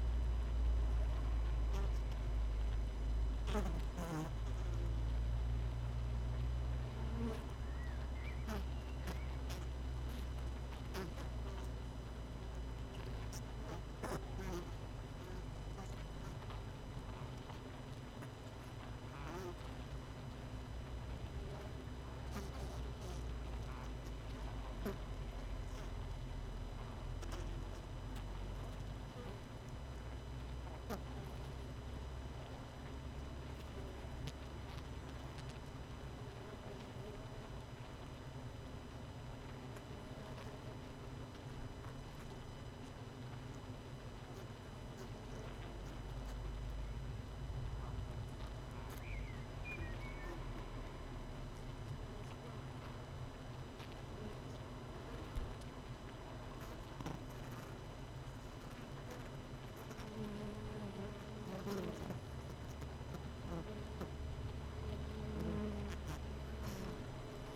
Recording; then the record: honeybee colony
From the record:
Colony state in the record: missing queen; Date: 31 May 2018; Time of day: 18:38